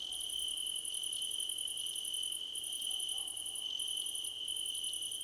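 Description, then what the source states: Cricket chorus, a shrill constant trill beneath rapid pulsing chirps in runs of varying length with brief pauses. A crickets' choir competition.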